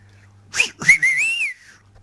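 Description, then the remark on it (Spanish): A short phrase of Silbo Gomero whistled language: two sharp breathy bursts, then a clear, loud whistle lasting about a second that glides up, wavers and falls, over a faint low hum. “¿Y el silbo gomero ahí?”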